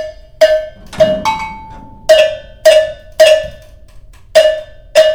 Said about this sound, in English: So now take your bell and then let's do the basic this thing. 1, 2, 3, 1, 2, 3.